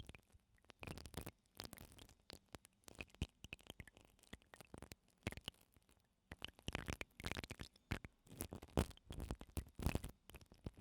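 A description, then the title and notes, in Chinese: A mascara brush is scrubbed roughly against an ear, making harsh, crackling scratches in quick, irregular bursts. The strokes bunch into dense flurries near the start and again from about seven to ten seconds, with short near-silent pauses between them. ASMR 睫毛刷粗暴刷耳！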